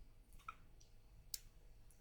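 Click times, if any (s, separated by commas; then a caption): 0.5 s, 1.3 s. The blade of a FerraMonster Urrbangrip folding knife is closed, and its detent ball snaps into its recess in the lock with sharp clicks at 0.5 s and 1.3 s. Fainter ticks follow at 0.8 s and 1.9 s. The detent ball seats firmly in place and is not loose at all.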